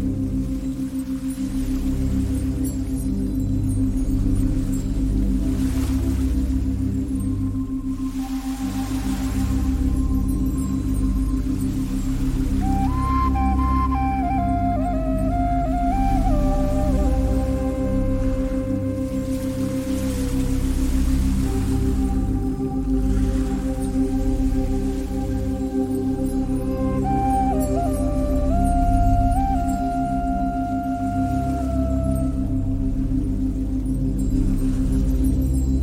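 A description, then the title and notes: Ambient music with a steady low drone and a sustained mid tone running throughout, over which slow gliding melodic tones rise and fall between about 12 and 33 seconds. Soft washing surges come and go every few seconds, like waves, keeping the level fairly even. Beautiful Ambient Music With Ocean Waves.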